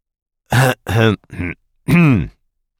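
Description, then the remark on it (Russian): A man clears his throat in four short, loud, voiced bursts, gruff and rasping, with a brief pause between each and the last one drawn out slightly longer. “Откашлялся он и пошевелил кожей на лбу.”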